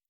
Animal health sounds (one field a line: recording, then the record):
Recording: hydrophone in a shrimp aquaculture tank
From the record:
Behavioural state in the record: normal